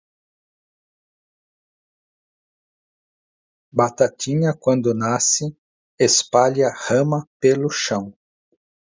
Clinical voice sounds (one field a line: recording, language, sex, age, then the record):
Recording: short text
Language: Brazilian Portuguese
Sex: male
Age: 50 to 59 years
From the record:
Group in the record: control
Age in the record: 57 years